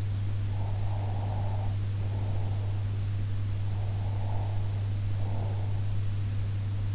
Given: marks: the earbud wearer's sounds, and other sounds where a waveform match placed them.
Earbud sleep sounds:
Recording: sounds in sleep by an in-ear microphone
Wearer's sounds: breath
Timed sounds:
0.46-2.89 s: breath
3.55-5.90 s: breath

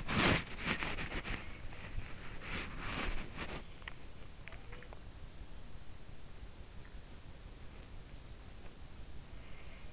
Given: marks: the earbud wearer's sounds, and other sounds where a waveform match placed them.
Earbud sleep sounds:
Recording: sounds in sleep by an in-ear microphone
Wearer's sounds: body movement, swallowing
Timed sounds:
0.00-4.95 s: body movement
3.75-5.27 s: swallowing

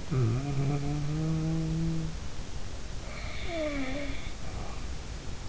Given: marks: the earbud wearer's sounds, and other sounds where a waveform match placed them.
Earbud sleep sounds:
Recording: sounds in sleep by an in-ear microphone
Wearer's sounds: snoring breath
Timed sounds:
0.00-2.24 s: snoring breath
3.41-4.26 s: snoring breath

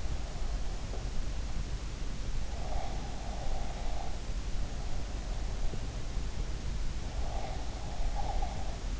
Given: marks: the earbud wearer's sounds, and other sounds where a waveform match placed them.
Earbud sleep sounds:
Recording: sounds in sleep by an in-ear microphone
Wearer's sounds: breath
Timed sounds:
2.67-4.12 s: breath
6.93-8.99 s: breath

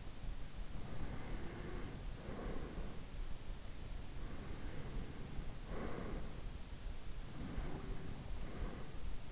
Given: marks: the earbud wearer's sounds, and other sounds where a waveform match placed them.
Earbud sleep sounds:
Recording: sounds in sleep by an in-ear microphone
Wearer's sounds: breath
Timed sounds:
0.94-3.37 s: breath
4.39-6.53 s: breath
6.81-9.32 s: breath

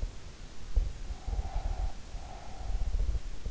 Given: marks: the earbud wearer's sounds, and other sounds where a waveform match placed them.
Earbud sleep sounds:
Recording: sounds in sleep by an in-ear microphone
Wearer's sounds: breath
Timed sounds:
1.21-3.02 s: breath

